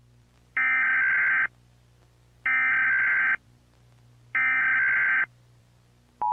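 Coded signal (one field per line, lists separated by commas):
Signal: Emergency Alert System (SAME) tones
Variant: header bursts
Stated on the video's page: Simulated, fictional EAS scenario alert.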